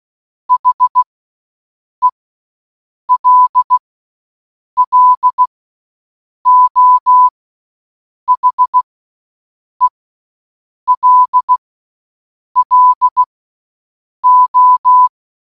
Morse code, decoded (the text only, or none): HELLO HELLO